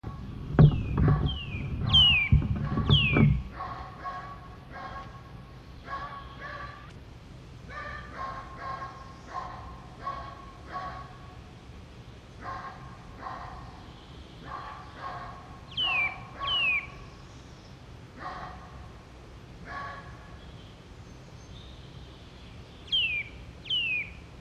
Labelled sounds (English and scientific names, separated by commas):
Eurasian Nuthatch (Sitta europaea) call